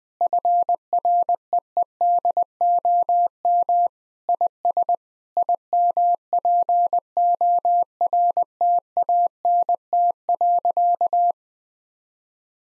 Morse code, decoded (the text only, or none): FREEDOM IS IMPORTANT.